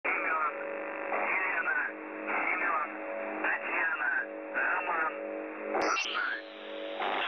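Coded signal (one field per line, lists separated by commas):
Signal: numbers station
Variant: UVB-76, Russian voice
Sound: male voice reading short words in Russian over a steady low hum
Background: radio static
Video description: MDZhB 80191 MEDSESTRA 2155 3788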